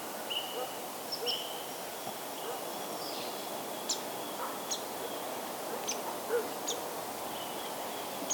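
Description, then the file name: Varied sittella calls: thin, high chips and brief piping whistles scattered irregularly throughout, some in quick pairs, over a steady background hiss. "Daphoenositta Chrysoptera"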